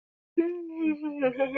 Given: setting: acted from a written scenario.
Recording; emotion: vocal sound without words; sympathy